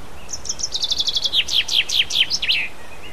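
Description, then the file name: Common chaffinch delivers one song phrase, a quick trill of repeated notes descending into loud slurred notes and a closing flourish. "pinson"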